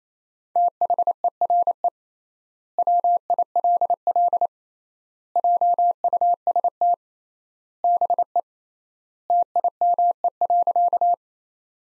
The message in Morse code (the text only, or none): THERE WILL JUST BE TIME.